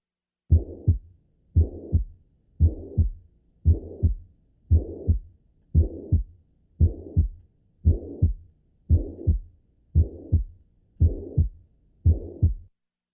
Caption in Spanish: El soplo de la insuficiencia mitral cuando un soplo no es intenso, a menudo es difícil decidir si es o no holosistólico.